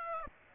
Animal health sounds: mosquito wingbeat signal from an infrared sensor; Aedes aegypti

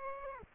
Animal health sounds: mosquito wingbeat signal from an infrared sensor; Aedes aegypti

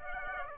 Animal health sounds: mosquito wingbeat signal from an infrared sensor; Aedes aegypti

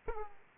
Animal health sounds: mosquito wingbeat signal from an infrared sensor; Aedes aegypti

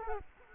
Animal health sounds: mosquito wingbeat signal from an infrared sensor; Culex quinquefasciatus

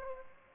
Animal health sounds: mosquito wingbeat signal from an infrared sensor; Aedes aegypti

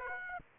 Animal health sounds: mosquito wingbeat signal from an infrared sensor; Aedes aegypti

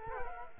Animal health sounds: mosquito wingbeat signal from an infrared sensor; Culex quinquefasciatus

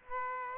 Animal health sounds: mosquito wingbeat signal from an infrared sensor; Aedes aegypti

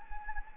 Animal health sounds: mosquito wingbeat signal from an infrared sensor; Anopheles gambiae

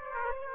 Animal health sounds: mosquito wingbeat signal from an infrared sensor; Aedes aegypti

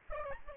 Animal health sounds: mosquito wingbeat signal from an infrared sensor; Aedes albopictus

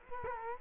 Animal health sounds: mosquito wingbeat signal from an infrared sensor; Culex quinquefasciatus

